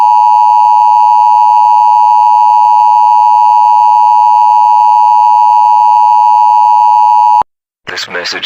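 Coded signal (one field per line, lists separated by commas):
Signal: Emergency Alert System (SAME) tones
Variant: 853 and 960 Hz attention tone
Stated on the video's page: Fictional EAS scenario.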